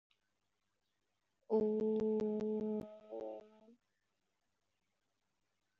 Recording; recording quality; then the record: sustained vowel as in boot; excellent, no background noise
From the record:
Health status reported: exposed to COVID-19, no respiratory illness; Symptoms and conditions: none ticked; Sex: female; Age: 28 years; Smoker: not ticked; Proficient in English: no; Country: India